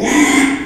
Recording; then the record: squeal of a Yucatan mini pig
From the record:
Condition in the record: after surgery on the right vocal fold (resection and tissue-engineered implant); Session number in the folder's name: 3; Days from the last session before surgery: 33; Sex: male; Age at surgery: 12 weeks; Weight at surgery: 13 kg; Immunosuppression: cyclosporine, prednisolone